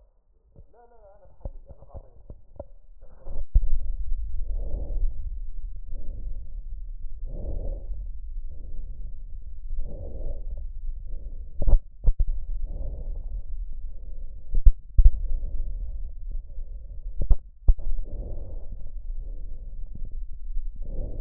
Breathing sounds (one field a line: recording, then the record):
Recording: lung sounds by stethoscope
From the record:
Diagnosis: emphysema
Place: left posterior upper chest